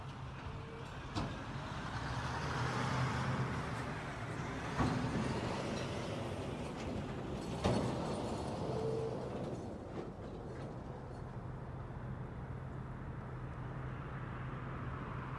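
Easy-going afternoon traffic rolls through an old Western American town, a steady wash of passing cars with a low rumble underneath. A few sharper knocks or clunks stand out near the start and around the middle, and a faint tonal hum comes and goes.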